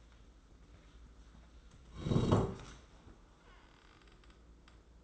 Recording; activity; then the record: daily activity, microphone in the room; sit down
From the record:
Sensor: 3